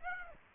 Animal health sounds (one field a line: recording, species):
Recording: mosquito wingbeat signal from an infrared sensor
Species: Aedes aegypti